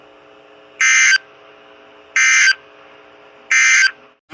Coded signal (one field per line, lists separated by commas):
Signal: Emergency Alert System (SAME) tones